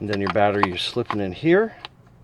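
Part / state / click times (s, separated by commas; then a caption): battery pack into RC boat battery bay / not seated / none. A battery pack with a plastic clip on top is slid into the hull battery compartment of a DEERC RC boat while someone talks. Nothing has seated or clicked yet.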